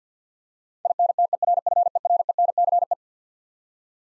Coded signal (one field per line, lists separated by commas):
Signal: Morse code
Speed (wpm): 50 wpm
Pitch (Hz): 700 Hz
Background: none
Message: INTERFERENCE